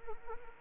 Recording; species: mosquito wingbeat signal from an infrared sensor; Anopheles arabiensis